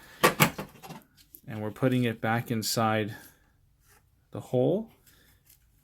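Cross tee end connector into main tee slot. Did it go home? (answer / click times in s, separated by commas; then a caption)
no / none. The end of a metal suspended-ceiling cross tee, its locking tab not bent back out, is pushed back into the slot of the main tee, with a few brief metallic rattles near the start while someone talks. Nothing has clicked or seated yet: the cross tee does not lock in and will not stay in place.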